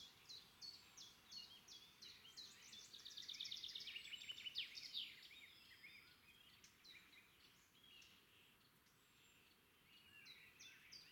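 Several birds twittering with repeated high chirps and a brief rapid trill in the middle, fading to sparse calls against background hiss.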